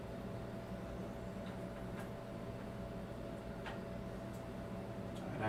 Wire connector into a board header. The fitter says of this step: click see now it's in all right wiring is pretty much done here all right